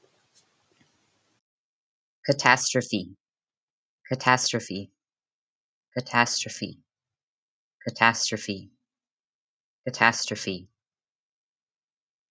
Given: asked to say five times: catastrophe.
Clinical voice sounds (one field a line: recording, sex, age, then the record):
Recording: repeated word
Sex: female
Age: 20 to 29 years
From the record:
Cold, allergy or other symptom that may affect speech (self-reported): no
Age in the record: 24 years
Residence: California, United States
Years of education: 14